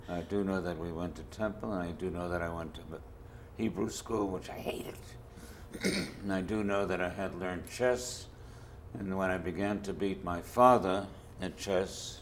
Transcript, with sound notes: I do know that we went to temple and I do know that I went to the Hebrew School, which I hated. [clears throat] And I do know that I had learned chess, and when I began to beat my father at chess